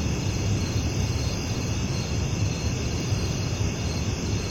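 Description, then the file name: Crickets give a continuous shrill chorus with no pauses, heard over a persistent deep rumbling noise. Residential daytime country ambience with crickets and grasshoppers together. "Sound Ideas 2000 Series - Residential Daytime Crickets And Grasshoppers, Ambience, Country"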